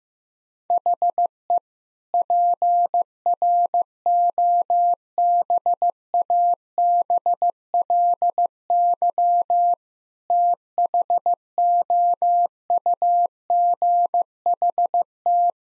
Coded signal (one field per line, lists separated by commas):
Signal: Morse code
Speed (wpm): 15 wpm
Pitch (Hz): 700 Hz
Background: none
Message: HE PROBABLY THOUGHT